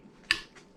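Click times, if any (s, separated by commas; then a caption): 0.3 s. A metal barrel band is slid up the wooden stock of a Mosin Nagant M44 rifle until its spring-loaded retainer catches. One sharp, loud click sounds at 0.3 s, followed by a much fainter tick near 0.6 s. The band is seated in place on the stock and barrel.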